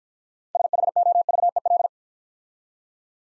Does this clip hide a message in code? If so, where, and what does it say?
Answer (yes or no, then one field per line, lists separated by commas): yes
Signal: Morse code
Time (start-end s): 0.5-1.9 s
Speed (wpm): 50 wpm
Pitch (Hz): 700 Hz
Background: none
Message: SHOVEL